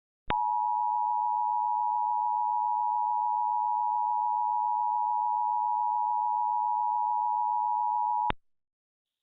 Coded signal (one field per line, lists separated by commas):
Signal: Emergency Alert System (SAME) tones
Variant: 853 and 960 Hz attention tone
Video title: 2011 National EAS Test Reenactment (2)